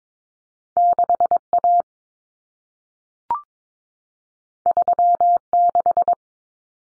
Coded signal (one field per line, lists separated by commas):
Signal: Morse code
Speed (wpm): 22 wpm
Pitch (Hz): 700 Hz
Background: none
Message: 6A 36